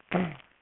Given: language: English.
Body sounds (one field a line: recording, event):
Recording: throat vibration sensor signal played as sound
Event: throat clearing